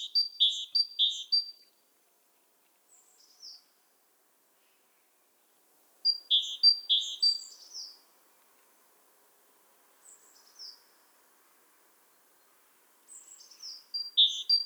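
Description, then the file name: Great tit giving repeated rapid series of high, chattering double notes in bursts every six or seven seconds, with softer isolated chips between them. "Parus major"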